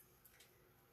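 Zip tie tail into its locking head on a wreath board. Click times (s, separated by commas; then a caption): 0.3 s. A plastic zip tie, threaded through a hole in a wreath flower board, has its tail pushed into its locking head until the ratchet catches. One small click sounds at 0.3 s over a quiet background. The tie is seated, and it took only a short push.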